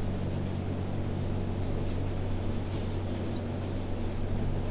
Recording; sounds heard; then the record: poultry house recording; no chicken sound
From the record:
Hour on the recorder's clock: 1